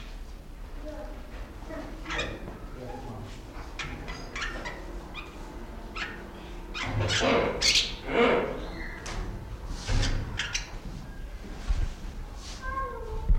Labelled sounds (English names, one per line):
Wreathed Hornbill